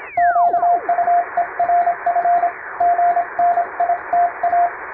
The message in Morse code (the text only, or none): QUERF GNITA